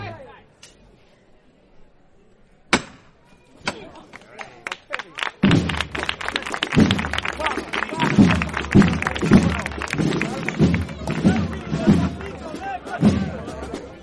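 The paso of María Santísima de Salud y Esperanza moves through the San Benito neighbourhood. The first five seconds are quiet apart from scattered sharp knocks, then a dense, steady stream of shuffling and thudding begins, pulsing regularly about twice a second, with faint voices underneath.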